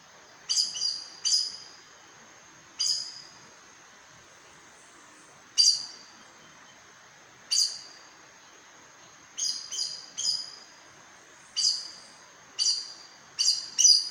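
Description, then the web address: Aracari giving a long run of many sharp, squeaky high notes, sometimes doubled, at irregular spacing over faint hiss. "sound Aracari. دانلود-صدای-پرنده-پرزبان"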